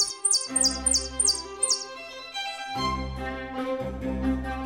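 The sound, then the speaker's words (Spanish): Five quick, high-pitched chirps from caged goldfinch chicks in a rapid run, over sustained low, tonal music that carries on alone after the chirping stops. “Cuando lo vieron, agarrado a los palos de la jaula, se pusieron a piar pidiéndole que los libertase.”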